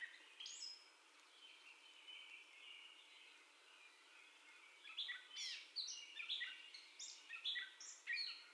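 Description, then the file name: Gray catbird song, a halting run of squeaky, scratchy phrases with short pauses, growing busier and louder in the second half. First song of the gray catbird, recorded on 30 May 2021 at 04:48. "2021-05-30 Catbird First Song"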